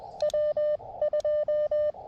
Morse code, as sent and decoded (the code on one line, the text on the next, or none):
.-- ..---
W2